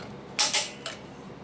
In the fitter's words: snapped into place